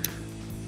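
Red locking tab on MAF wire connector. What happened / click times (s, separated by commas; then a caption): The connector locking tab clicked home / 0.1 s. The red plastic locking tab on the MAF wire connector, joining the extension wire to the original wire during a cold air intake install on a 2019-2022 Sierra 6.2L, is pushed home with a sharp click at 0.1 s. A steady, low tonal hum with music-like harmonic bands continues underneath for the rest of the clip. The tab is seated and the connection is secured.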